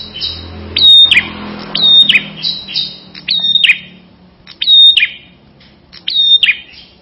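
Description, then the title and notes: Prinia song of sharp, high chirped phrases with a falling twist at the end, repeated irregularly about five times. Full song including trilled passages, called ngerol. "Suara Kicau Burung Prenjak Lengkap dan Ngerol"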